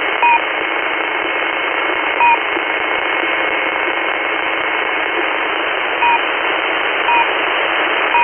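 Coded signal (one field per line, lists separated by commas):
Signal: unidentified radio signal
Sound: five brief two-tone beeps at irregular intervals over steady shortwave hiss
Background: radio static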